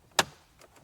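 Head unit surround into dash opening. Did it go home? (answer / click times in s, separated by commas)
yes / 0.2 s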